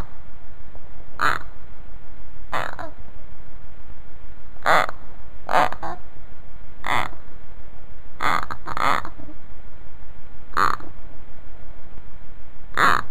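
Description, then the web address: Common hamster uttering a series of short, gruff, rasping calls, about nine bursts at uneven intervals, some in quick pairs, with low steady hiss behind. Male calling a female. "karbysh zovet samku"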